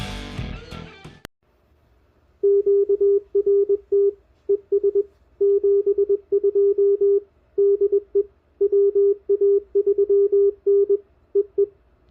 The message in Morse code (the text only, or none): QRT ES 72 DE WA3N EE